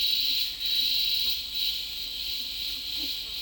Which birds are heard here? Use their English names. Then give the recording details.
none. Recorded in dense forest near Puerto Asís, Putumayo, Colombia, on 21 February 2024 at 10:00. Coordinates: 0.502, -76.324. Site G6370